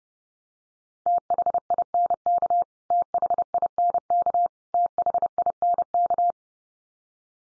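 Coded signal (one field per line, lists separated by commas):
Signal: Morse code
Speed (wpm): 30 wpm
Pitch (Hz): 700 Hz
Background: none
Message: THINK THINK THINK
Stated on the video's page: Morse drill of the 500 most common English words at 30 wpm, each word sent three times, spoken, then sent again, for head-copy practice.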